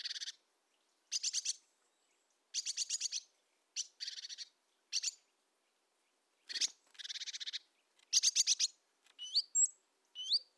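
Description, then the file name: Great tit churring: repeated dry, buzzy rattles in short bursts at irregular intervals, followed near the end by a few brief rising whistled notes. "Parus major"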